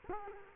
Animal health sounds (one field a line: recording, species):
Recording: mosquito wingbeat signal from an infrared sensor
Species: Culex quinquefasciatus